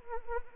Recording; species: mosquito wingbeat signal from an infrared sensor; Anopheles arabiensis